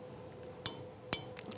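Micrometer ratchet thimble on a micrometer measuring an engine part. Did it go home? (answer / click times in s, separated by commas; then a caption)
yes / 0.7 s, 1.1 s, 1.4 s. A micrometer's ratchet thimble is turned while measuring a marine engine part until it slips and clicks at measuring force. Two sharp, bright clicks land at 0.7 s and 1.1 s, with a softer third at 1.4 s, over a low steady hum. The ratchet stop has clicked about three times, so the reading can be taken.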